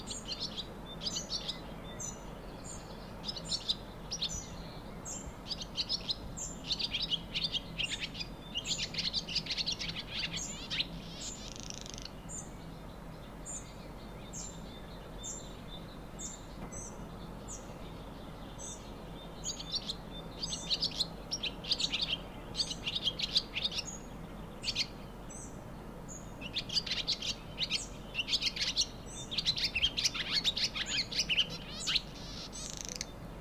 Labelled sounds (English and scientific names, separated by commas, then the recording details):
Barn Swallow (Hirundo rustica)
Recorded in the wild
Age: adult
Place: Untertweng, AT
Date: 1972-05-12
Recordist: Brunner, Thomas